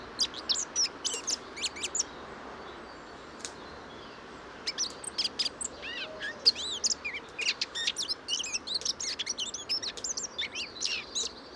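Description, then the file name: Eurasian blackcap song, a few scattered high notes at first, then after a short quiet spell a lively, continuous warble of twittering and looping whistles. "Sylvia atricapilla"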